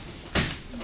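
After the clamp is tightened, a safety pin or clip is fitted into it and pushed over, snapping into place with a sharp, broadband click at 0.4 s that fades within about a tenth of a second. The clip is seated.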